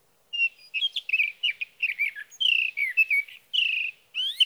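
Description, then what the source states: Sage thrasher with a long, varied warbling song, quick slurred notes and longer whistled phrases strung together, ending in a rising sweep. Male singing through the night near his night roost, evening of June 12 to morning of June 15, 2018, Sierra Valley, California; Swift recorder.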